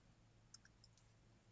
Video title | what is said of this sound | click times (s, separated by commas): Wiring up a station.mov | they fit around that white bar on the back snaps into place snugly | 0.5 s